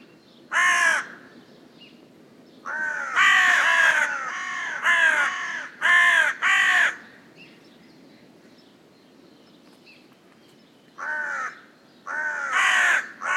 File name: Corvus corone